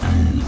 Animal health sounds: pig call; growing-finishing pig (85 days or more)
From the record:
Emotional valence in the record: positive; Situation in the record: enriched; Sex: female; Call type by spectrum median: low-frequency call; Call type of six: low-frequency modulated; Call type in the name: low-frequency modulated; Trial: 2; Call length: 0.48 s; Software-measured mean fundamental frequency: 43 Hz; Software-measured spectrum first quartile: 81 Hz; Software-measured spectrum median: 152 Hz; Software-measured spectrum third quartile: 402 Hz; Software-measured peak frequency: 83 Hz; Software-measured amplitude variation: 166 dB a second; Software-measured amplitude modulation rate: 30.2 a second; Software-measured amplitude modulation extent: 5.5 dB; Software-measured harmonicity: -0.6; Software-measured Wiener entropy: -1.25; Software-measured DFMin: 479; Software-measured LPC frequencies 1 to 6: 1485, 2942, 3869, 4793, 5853, 7296 Hz

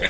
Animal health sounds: pig call; piglet (1 to 25 days)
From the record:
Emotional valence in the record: positive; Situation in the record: reunion after long isolation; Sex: male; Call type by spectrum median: low-frequency call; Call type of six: low-frequency tonal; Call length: 0.10 s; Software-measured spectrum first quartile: 917 Hz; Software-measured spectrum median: 1892 Hz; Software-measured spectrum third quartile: 2761 Hz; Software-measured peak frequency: 2181 Hz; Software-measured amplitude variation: 162 dB a second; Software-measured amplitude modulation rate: 5.0 a second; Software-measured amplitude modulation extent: 32.7 dB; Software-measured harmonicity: 1.1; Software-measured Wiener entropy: -1.45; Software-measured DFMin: 993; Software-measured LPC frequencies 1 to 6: 540, 1683, 2088, 3619, 4944, 6252 Hz

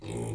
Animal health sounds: pig call; weaner (32 to 43 days)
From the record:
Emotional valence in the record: negative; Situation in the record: long isolation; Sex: female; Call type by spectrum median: low-frequency call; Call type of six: low-frequency stable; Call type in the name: low-frequency stable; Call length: 0.35 s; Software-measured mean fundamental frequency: 55 Hz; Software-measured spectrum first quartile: 193 Hz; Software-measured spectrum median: 432 Hz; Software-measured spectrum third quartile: 2178 Hz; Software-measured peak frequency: 332 Hz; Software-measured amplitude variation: 103 dB a second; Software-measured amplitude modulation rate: 27.2 a second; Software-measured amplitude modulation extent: 3.8 dB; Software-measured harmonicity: 4.2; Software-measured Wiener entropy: -3.15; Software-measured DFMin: 1141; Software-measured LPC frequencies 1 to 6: 360, 2251, 3789, 4623, 5674, 6838 Hz

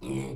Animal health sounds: pig call; weaner (32 to 43 days)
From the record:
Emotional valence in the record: negative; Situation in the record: short isolation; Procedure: open field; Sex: female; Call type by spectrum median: low-frequency call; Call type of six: low-frequency stable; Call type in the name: low-frequency stable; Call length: 0.36 s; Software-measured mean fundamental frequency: 65 Hz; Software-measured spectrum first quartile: 205 Hz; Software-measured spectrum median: 362 Hz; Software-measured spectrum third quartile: 1143 Hz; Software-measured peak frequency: 332 Hz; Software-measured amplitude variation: 91 dB a second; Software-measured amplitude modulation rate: 27.8 a second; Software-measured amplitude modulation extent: 3.3 dB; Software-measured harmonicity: 3.3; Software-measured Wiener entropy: -1.48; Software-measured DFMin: 1141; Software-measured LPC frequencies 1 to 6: 335, 915, 2293, 3312, 3817, 4759 Hz

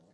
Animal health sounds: pig call; piglet (1 to 25 days)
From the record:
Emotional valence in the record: positive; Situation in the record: short reunion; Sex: male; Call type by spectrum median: low-frequency call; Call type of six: low-frequency stable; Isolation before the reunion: 3 minutes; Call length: 0.14 s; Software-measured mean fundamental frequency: 58 Hz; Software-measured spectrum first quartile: 226 Hz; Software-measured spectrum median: 497 Hz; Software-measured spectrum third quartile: 1332 Hz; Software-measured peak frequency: 178 Hz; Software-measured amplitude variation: 53 dB a second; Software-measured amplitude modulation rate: 14.7 a second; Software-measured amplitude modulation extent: 3.6 dB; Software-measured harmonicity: -0.3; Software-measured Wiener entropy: -0.79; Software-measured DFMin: 1041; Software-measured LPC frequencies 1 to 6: 562, 1765, 3803, 4462, 5509, 6768 Hz

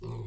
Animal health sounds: pig call; weaner (32 to 43 days)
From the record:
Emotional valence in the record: negative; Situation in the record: novel object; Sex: female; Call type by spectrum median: low-frequency call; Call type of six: low-frequency stable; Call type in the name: low-frequency stable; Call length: 0.27 s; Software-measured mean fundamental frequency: 56 Hz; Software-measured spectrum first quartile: 110 Hz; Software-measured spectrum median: 200 Hz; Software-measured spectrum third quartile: 519 Hz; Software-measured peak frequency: 114 Hz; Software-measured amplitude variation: 77 dB a second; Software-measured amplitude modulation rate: 26.3 a second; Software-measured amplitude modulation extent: 2.9 dB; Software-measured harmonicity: -2.8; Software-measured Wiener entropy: -0.26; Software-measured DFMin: 799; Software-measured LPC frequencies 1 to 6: 311, 993, 2313, 3686, 4379, 5260 Hz

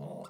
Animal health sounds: pig call; piglet (1 to 25 days)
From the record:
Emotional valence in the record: negative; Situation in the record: long isolation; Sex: male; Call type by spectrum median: low-frequency call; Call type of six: mixed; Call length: 0.29 s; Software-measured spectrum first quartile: 182 Hz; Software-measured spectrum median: 430 Hz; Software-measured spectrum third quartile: 717 Hz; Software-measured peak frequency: 164 Hz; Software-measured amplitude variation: 134 dB a second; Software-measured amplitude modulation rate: 25.6 a second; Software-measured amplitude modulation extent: 5.2 dB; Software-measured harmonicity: 1.4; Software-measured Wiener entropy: -0.12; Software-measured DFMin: 847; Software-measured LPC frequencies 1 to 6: 614, 1279, 2737, 3575, 4796, 7023 Hz

